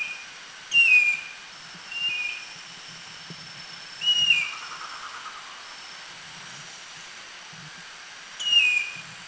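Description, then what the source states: Silver-breasted broadbill giving short descending whistled notes, four calls at irregular intervals, over a steady high hiss and faint low rumble. Recorded in northern Thailand.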